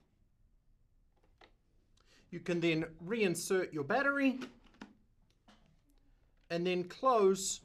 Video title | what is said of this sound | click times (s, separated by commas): How to replace the battery door - PX5 PAPR - RPB Safety | you simply get that in position and then pull backward until that snaps in place | 1.4 s